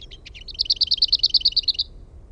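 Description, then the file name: Lesser whitethroat song: a short, scratchy start followed by a rapid, flat rattle of roughly twelve clipped notes at a constant pitch. "HERNEKERTTU"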